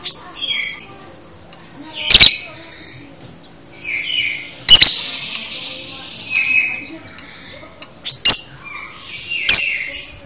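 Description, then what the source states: Lovebird chatter with twittering phrases broken by several sudden, piercing shrieks spaced a few seconds apart. Training recording for a lovebird, demonstrating the 'konslet' chattering song style.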